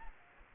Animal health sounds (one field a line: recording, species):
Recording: mosquito wingbeat signal from an infrared sensor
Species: Aedes aegypti